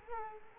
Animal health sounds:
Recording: mosquito wingbeat signal from an infrared sensor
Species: Culex quinquefasciatus

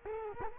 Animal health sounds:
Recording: mosquito wingbeat signal from an infrared sensor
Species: Culex quinquefasciatus

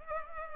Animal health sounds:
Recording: mosquito wingbeat signal from an infrared sensor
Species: Culex pipiens

